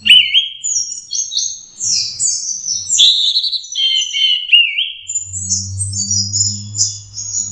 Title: Anis Kembang. Suara Burung Anis Merah Teler - Versi 4